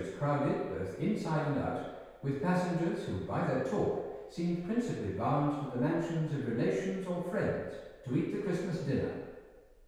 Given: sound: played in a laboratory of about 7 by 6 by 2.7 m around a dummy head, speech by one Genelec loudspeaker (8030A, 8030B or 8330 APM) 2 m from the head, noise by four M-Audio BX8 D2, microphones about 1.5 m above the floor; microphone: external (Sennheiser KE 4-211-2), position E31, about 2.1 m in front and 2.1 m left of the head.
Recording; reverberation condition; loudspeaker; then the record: male speech in English; high; 120 degrees to the left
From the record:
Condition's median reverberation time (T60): about 1300 ms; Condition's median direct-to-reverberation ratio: about -4.0 dB